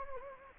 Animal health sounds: mosquito wingbeat signal from an infrared sensor; Anopheles gambiae

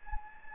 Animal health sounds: mosquito wingbeat signal from an infrared sensor; Anopheles gambiae

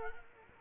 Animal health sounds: mosquito wingbeat signal from an infrared sensor; Culex quinquefasciatus

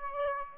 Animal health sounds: mosquito wingbeat signal from an infrared sensor; Aedes aegypti

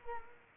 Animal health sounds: mosquito wingbeat signal from an infrared sensor; Culex quinquefasciatus

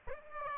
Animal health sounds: mosquito wingbeat signal from an infrared sensor; Aedes aegypti

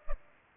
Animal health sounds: mosquito wingbeat signal from an infrared sensor; Culex pipiens

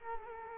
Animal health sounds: mosquito wingbeat signal from an infrared sensor; Culex quinquefasciatus

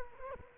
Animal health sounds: mosquito wingbeat signal from an infrared sensor; Culex quinquefasciatus

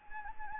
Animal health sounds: mosquito wingbeat signal from an infrared sensor; Anopheles gambiae

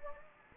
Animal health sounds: mosquito wingbeat signal from an infrared sensor; Anopheles gambiae

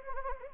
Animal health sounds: mosquito wingbeat signal from an infrared sensor; Anopheles gambiae

